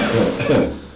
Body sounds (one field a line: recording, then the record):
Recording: coughing mixed with background sound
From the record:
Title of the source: Spring Cold Coughing.